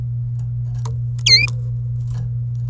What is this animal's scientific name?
Serinus canaria